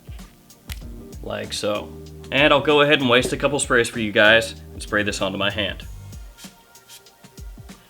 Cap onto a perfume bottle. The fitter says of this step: and then this cap does click into place like